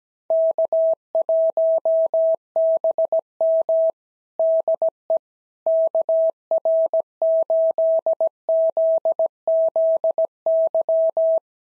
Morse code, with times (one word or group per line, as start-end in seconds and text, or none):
0.3-3.9 K1BM
4.4-5.2 DE
5.7-11.4 KR8ZZY